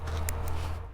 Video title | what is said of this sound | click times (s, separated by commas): Kodak Charmera - Quick User Guide | And you do have to kind of snap it in. You'll hear it. | 0.3 s